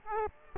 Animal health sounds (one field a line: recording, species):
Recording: mosquito wingbeat signal from an infrared sensor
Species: Aedes aegypti